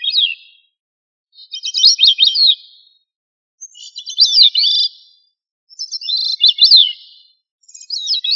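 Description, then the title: Thrush singing a run of warbled, whistled phrases, each about one and a half seconds long and repeated every two seconds or so, each phrase slightly different. The background is silent. "Familia Turdidae - Sabia"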